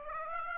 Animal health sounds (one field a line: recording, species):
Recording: mosquito wingbeat signal from an infrared sensor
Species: Aedes aegypti